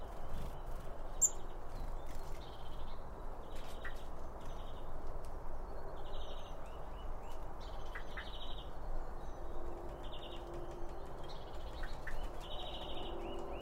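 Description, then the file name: Birds giving short high chirps repeated steadily every second or so throughout, with a few brighter notes, over constant low background noise. Birds at a bird feeder, recorded with two Line Audio OM1 microphones. "Birds Around Birdfeeding With Two Om 1 From Line Audio"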